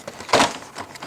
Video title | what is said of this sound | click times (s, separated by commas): 2008 suzuki gsxr 600 Maintenance Part 2 oil change | It's got some little snap things over here. Hear them snapping off. | 0.3 s